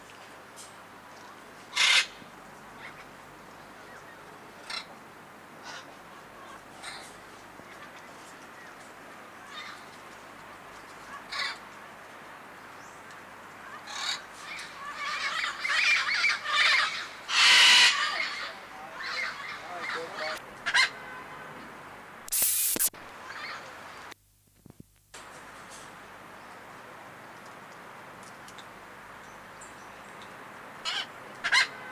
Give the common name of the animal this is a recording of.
Red-fronted Macaw